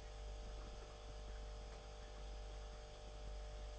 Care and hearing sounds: daily activity, microphone in the room; make coffee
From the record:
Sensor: 5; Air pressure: 991.8 hPa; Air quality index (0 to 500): 166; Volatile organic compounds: 396 ppm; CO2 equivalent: 4665 ppm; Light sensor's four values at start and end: 33/109/41/43 and 33/109/41/43

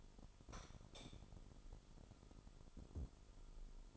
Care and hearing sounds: daily activity, microphone in the room; light on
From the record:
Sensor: 5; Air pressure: 988.5 hPa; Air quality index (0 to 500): 216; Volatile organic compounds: 116 ppm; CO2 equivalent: 3854 ppm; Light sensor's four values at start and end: 44/131/51/54 and 45/136/53/57

